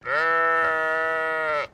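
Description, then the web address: Sheep giving a single long steady baa, harmonically rich and even in pitch, ending abruptly, with nothing else heard. Sheep bleating close up. "Sound Effects-Foundation 1 ANIMAL SHEEP CLOSE BAA"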